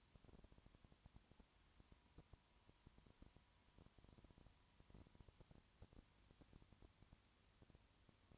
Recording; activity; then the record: daily activity, microphone in the room; no activity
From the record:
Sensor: 3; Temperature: 20.5 degrees Celsius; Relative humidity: 34.6%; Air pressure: 1001.1 hPa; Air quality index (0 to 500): 195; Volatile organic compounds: 6 ppm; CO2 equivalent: 1857 ppm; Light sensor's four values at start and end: 2/3/2/2 and 2/3/2/2